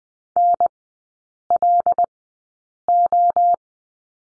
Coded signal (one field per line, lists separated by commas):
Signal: Morse code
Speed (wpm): 20 wpm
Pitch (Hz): 700 Hz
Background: none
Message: NLO